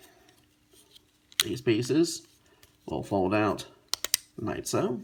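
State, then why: Seated. The plastic leg and body section of a Transformers Titans Return Deluxe Class Fracas & Scourge action figure is folded in until it clicks into place at 1.4 s, locking into its vehicle-mode position. Someone talks before and after, and a few lighter clicks follow later.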